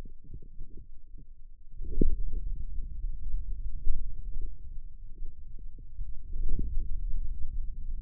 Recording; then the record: forearm muscle sounds (acoustic myography)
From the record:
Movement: pen grasping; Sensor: system 2, bracelet of six BSWA MPA416 microphones around the upper forearm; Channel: 6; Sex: male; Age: 22 years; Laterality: right